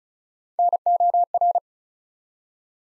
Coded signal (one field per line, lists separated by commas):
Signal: Morse code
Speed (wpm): 36 wpm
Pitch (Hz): 700 Hz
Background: none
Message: NOR